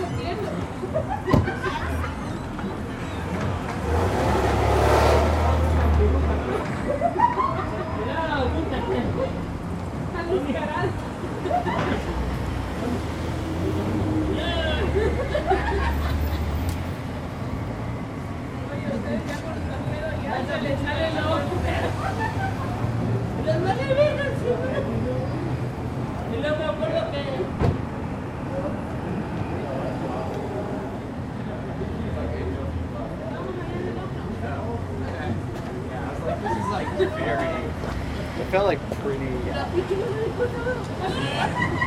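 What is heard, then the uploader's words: Street noise outside small bars, with people talking and murmuring voices running through the whole scene and an occasional laugh. A steady low rumble of traffic sits underneath, and a loud vehicle passes around five seconds, with more passing through around fifteen to twenty seconds. Bedford & 7th Avenue. Outside bars. Perched on a stoop across from several small bars, friends can be heard bar hopping, a bus arrives, and Uber cars come and go.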